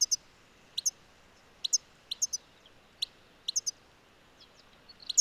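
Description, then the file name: European goldfinch calls: short, bright notes given singly, in pairs and in threes, spaced irregularly, with a quick cluster at the end. "Carduelis carduelis"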